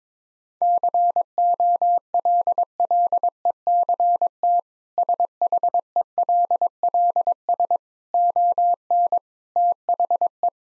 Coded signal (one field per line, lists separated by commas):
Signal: Morse code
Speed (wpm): 22 wpm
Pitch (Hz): 700 Hz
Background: none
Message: COLLECT SHELLS ON THE